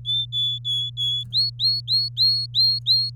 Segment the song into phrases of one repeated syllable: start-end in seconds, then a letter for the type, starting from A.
0.05-1.24 A, 1.32-3.10 B